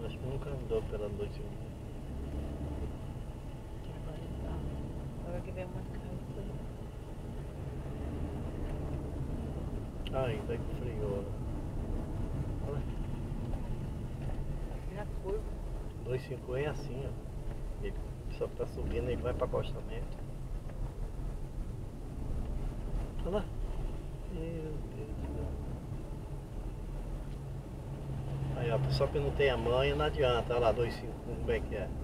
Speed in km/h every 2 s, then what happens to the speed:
21, 22, 21, 24, 27, 24, 15, 15, 16, 15, 16, 13, 14, 16, 17, 21.
0-9 speeds up to 27. 9-12 brakes to 15. 12-32 steady at about 15.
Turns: none.